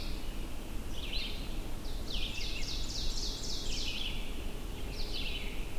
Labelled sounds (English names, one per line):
Ovenbird song